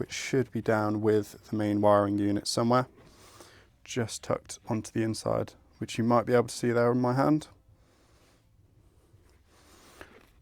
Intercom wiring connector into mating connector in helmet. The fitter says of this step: again plugging your wiring into place a nice click and we know that we're into